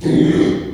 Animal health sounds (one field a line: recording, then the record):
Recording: squeal of a Yucatan mini pig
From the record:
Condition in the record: after surgery on the right vocal fold (resection and tissue-engineered implant)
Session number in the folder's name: 2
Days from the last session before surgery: 13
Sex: male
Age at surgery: 12 weeks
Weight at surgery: 13 kg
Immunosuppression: cyclosporine, prednisolone